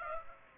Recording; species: mosquito wingbeat signal from an infrared sensor; Aedes aegypti